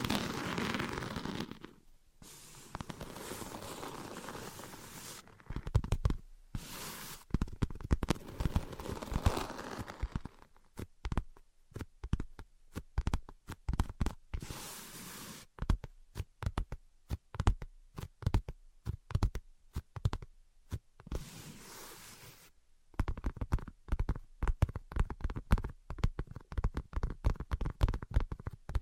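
Tapping and scratching alternate across the recording: dense, steady scratching fills the first ten seconds and returns in stretches around 13 and 23 seconds. Between these, quick irregular taps come in rapid clusters with short silent gaps, each tap sharp and bright.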